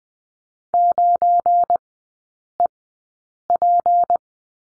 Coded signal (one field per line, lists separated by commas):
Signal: Morse code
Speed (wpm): 20 wpm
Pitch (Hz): 700 Hz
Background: none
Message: 9EP